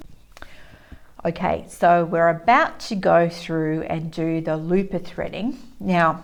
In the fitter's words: till they click into place